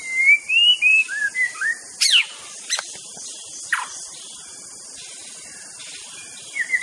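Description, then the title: White-rumped shama song: a run of clear whistled notes that rise and fall, then scattered sharp notes, over a steady high background drone. Wild bird singing in forest. "Kicau Asli Murai Batu Hutan"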